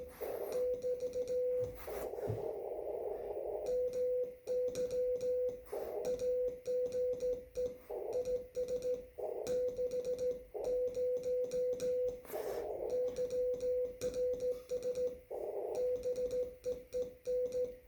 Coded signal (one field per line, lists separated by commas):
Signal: Morse code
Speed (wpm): 16 wpm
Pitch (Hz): 500 Hz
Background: music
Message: <BT> MY AGE IS 60 YRS BEEN